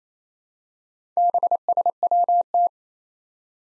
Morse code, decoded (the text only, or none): BSWT